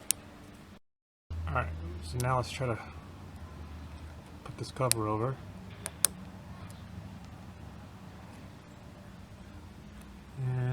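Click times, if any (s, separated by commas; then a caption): 5.9 s, 6.0 s. A plastic wiring cover is pushed over the wiring of an LED rear reflector assembly on a first-generation Chevy Volt while someone talks. Two sharp snaps at 5.9 s and 6.1 s show the cover seating fully in place.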